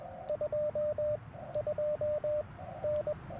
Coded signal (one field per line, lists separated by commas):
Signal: Morse code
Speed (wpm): 21 wpm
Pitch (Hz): 600 Hz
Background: radio noise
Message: 22N